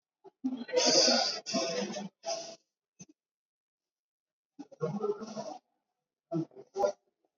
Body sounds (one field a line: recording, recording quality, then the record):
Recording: shallow breathing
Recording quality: moderate, slight background noise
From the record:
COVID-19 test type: RT-PCR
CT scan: not taken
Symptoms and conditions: cough, cold, fever, loss of smell and taste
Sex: female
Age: 51 years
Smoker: no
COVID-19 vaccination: both doses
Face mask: worn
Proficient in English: yes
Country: India